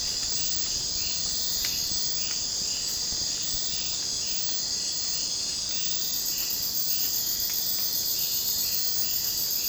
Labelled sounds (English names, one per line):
none